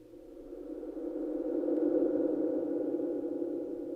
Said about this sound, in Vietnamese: Một cơn gió mạnh thổi lên ù ù.